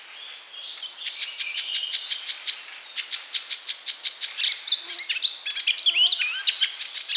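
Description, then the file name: Icterine warbler song, a busy stream of scratchy clicks, buzzy notes and sharp whistles jumbled together in quick succession. "Zelyonaya peresmeshka"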